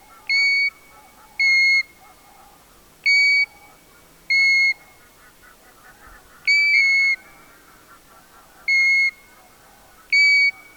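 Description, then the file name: European golden plover whistling repeatedly: seven clear whistled notes at irregular intervals of one to two seconds or so. "ljungpipare Pluvialis apricaria"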